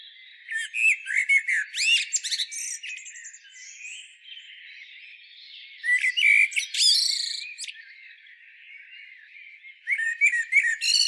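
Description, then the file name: Common blackbird singing: high squeaky twittering phrases with rising and falling notes, heard in three bursts separated by pauses, with a faint hiss between them. "Turdus merula"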